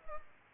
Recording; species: mosquito wingbeat signal from an infrared sensor; Culex pipiens